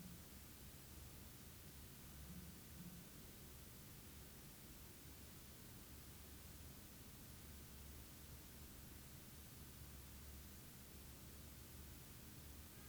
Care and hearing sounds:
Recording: daily activity, guitar pickup as the sensor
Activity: sit

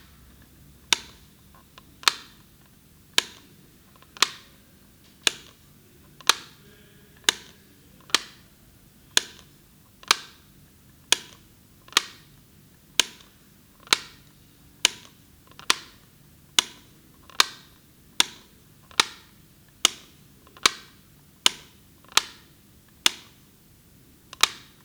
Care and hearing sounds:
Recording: daily activity, guitar pickup as the sensor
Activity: operate light

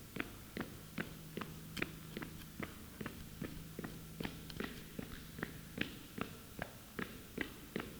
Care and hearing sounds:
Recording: daily activity, guitar pickup as the sensor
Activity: run

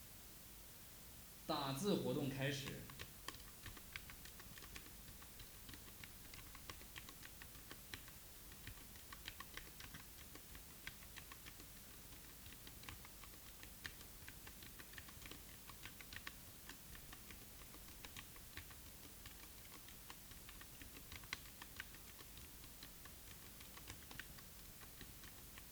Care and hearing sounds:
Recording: daily activity, guitar pickup as the sensor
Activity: type

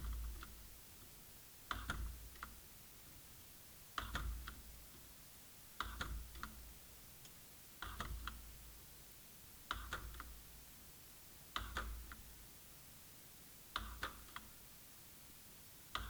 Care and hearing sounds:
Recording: daily activity, guitar pickup as the sensor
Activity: manipulate door

